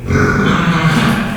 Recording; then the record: squeal of a Yucatan mini pig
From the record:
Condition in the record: after surgery on the right vocal fold (resection and tissue-engineered implant); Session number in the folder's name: 15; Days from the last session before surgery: 175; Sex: female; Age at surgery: 19 weeks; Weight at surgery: 25 kg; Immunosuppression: prednisolone